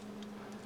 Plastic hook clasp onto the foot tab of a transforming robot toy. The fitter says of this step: 然后回归这里的挂钩扣上，